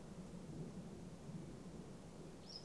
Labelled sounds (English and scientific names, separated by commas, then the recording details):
Great Spotted Woodpecker (Dendrocopos major)
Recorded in Germany
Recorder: ecoPi